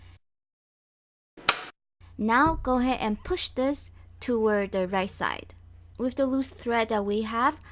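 An empty plastic bobbin is set onto the bobbin winder spindle of a Brother CS6000I sewing machine, its notch lined up with the spindle's spring. A single sharp click at 1.5 s marks it seating in place. Someone then talks.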